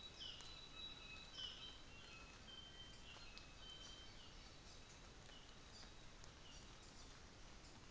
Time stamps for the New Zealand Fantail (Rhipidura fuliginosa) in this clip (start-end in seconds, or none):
3.68-4.11, 4.63-4.96, 5.67-5.94, 6.40-7.90